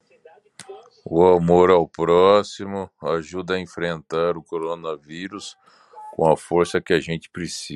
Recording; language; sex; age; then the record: spoken sentence; Brazilian Portuguese; male; 30 to 39 years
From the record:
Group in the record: control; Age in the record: 38 years